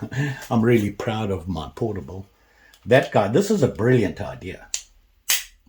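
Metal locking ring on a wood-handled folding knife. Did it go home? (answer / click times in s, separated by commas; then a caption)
released / 5.3 s. Someone talks, then uses a portable removal tool to lever the metal locking ring (ferrule) off a wood-handled folding knife. The ring pops off with a sharp click at 5.3 s, and it is released.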